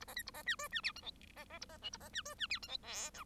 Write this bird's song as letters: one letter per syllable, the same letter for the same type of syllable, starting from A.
A B C A B D E D F G H B B A B I A B D E D F G H J K